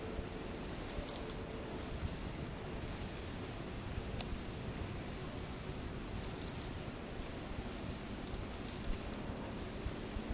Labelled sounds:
European Robin (Erithacus rubecula) call
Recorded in the wild
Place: Mühlenbecker Wald, Brandenburg, DE
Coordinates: 52.6931, 13.3842
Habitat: forest
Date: 1965-09-25 18:30
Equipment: Uher 4000 Report-S, Transistorverstärker II, Sennheiser MD 421
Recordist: Tembrock, Günter

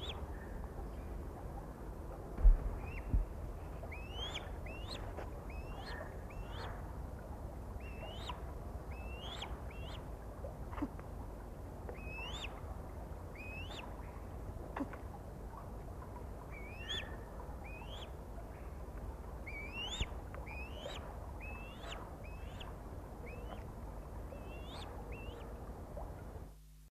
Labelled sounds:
Victoria Crowned Pigeon (Goura victoria) call
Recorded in captivity
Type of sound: call
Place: Zoo Rotterdam, NL
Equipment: Halbspur, 9,5 cm/s
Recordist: Lütgens, Hans
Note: Viereinhalb-monatig

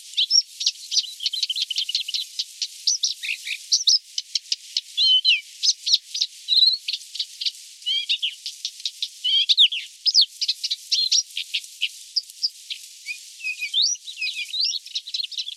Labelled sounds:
Blyth's Reed Warbler (Acrocephalus dumetorum) song
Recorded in the wild
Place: Akzu Zhabagly Nationalpark, KZ
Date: 2000-05-12
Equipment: MiniDisc Sharp MT 20 H
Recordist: Schwarz, Dieter

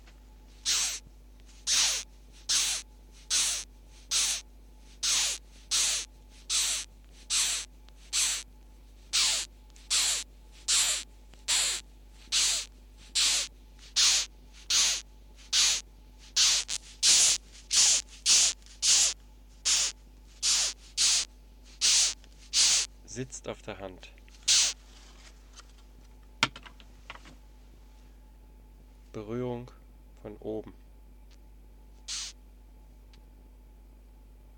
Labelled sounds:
Pine Chafer (Polyphylla fullo)
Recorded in captivity
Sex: female
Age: imago
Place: Zoologisches Institut der HUB, Berlin, DE
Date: 1959-06-24 18:00
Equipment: Elmetra
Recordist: Tembrock, Günter
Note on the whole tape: Aufnahme in Schallkammer. Weibchen: Stridulationen. Sehr gute Aufnahme. Tier wurde frisch gebracht

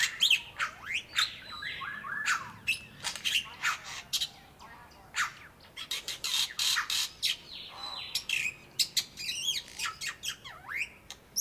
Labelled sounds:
Black-winged Starling (Acridotheres melanopterus) song
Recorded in captivity
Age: adult
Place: Zoo Berlin, Berlin, DE
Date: 1997-12-23 10:00
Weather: overcast, hazy, ca. 1-2°C
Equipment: Nagra SN, Kopie Uher 4000 Report Monitor
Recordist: Tembrock, Günter
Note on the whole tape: Gesang, zwei Tiere, Entfernung ca

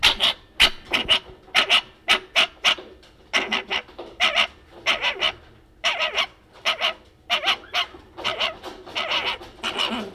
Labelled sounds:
Fennec Fox (Vulpes zerda)
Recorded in captivity
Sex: male
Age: adult
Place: Tierpark Berlin, Berlin, DE
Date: 1967-12-02
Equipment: R 20/1, Sennheiser MD 421
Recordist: Tembrock, Günter

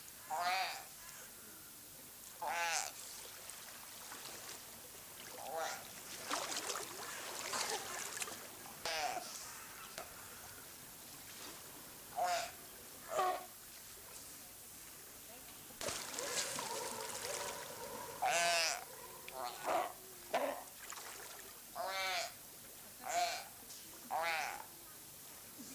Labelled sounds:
Brown Fur Seal (Arctocephalus pusillus) call
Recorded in captivity
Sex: group
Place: Zoo Berlin, Berlin, DE
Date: 2004-01-02 14:47
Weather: fair, -2°C
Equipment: Fair Mate ST-1328 (Asahi Electronics, Japan), Sennheiser ME 80, Kopie Uher 4000 Report Monitor
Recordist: Tembrock, Günter

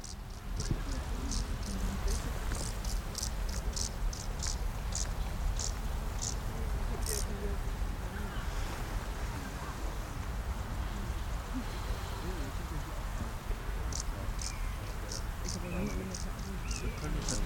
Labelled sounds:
Field Grasshopper (Chorthippus brunneus) stridulation
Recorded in the wild
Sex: male
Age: imago
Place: Botanische Anlage Blankenfelde, Berlin, DE
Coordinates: 52.603, 13.4
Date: 1993-07-22
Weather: wechselnd wolkig u. sonnig, 18-20°C
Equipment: Marantz CP 430, Sennheiser ME 80, Kopie Uher Variocord 263
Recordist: Tembrock, Günter

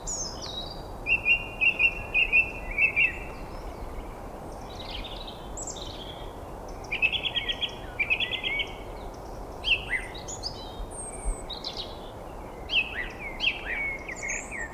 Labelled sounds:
Song Thrush (Turdus philomelos) song
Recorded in the wild
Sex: male
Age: adult
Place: Garmisch-Partenkirchen, Bayern, DE
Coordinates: 47.4944, 11.1631
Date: 1962-04-22
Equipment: Stellavox SM 5, AKG D19-200, Vorverstärker, Original, Vollspur
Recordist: Tretzel, Erwin

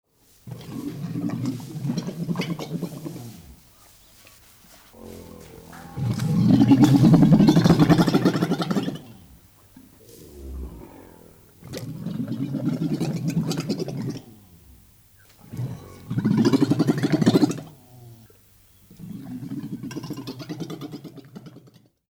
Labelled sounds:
One-humped Camel (Camelus dromedarius)
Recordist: Tembrock, Günter
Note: Blubbern eines Männchens

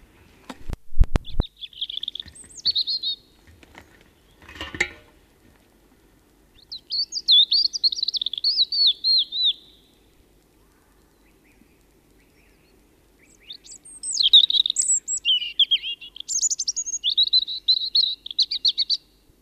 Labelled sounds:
European Robin (Erithacus rubecula) song
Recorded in the wild
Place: Pfaffenbrunnen, Haardt, Rheinland-Pfalz, DE
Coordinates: 49.412, 7.756
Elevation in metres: 399
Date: 1976-03-26
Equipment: Nagra IV, Sennheiser MKH 405, Parabolreflektor
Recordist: Tretzel, Erwin

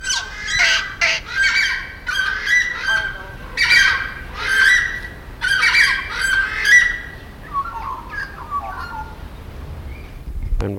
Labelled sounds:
Southern Screamer (Chauna torquata), Common Hill Myna (Gracula religiosa)
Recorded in captivity
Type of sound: call, call sequence, cry
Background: Gracula religiosa
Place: Zoo Berlin, Berlin, DE
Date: 1992-11-07
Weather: bedeckt, 14°C
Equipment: Marantz CP 430, Sennheiser ME 80, Kopie Tesla B 116
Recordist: Tembrock, Günter
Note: Paar-Duo

